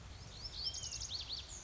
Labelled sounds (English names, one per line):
Lazuli Bunting